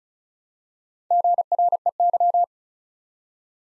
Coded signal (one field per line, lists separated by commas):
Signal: Morse code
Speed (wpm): 36 wpm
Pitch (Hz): 700 Hz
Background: none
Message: GREY